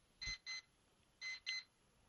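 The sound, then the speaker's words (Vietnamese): An alarm clock beeps in two quick pairs of bright, high-pitched electronic tones, separated by a short pause, with no voices, signaling that time is up. “Tiếng đồng hồ đó, giờ tới quý vị á.”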